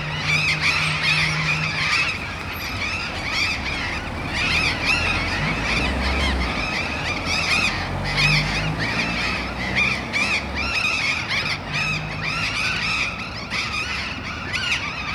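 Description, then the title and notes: Burrowing parrots in a flock, harsh screeching calls overlapping continuously, with steady traffic rumble and a low engine drone beneath. Several parrots perched on urban overhead power lines at the corner of Humboldt and H. Yrigoyen, Barrio La Falda, Bahía Blanca. "Loros barranqueros (Cyanoliseus patagonus) en tendido eléctrico aéreo urbano. Humboldt esq. H. Yrigoyen. B° La Falda. Por Sonoteca Bahía Blanca"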